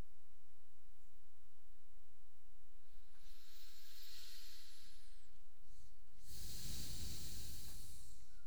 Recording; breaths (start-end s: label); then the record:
nose breathing near a microphone
2.36-6.11 s: inhalation
6.11-8.21 s: exhalation
From the record:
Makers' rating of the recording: medium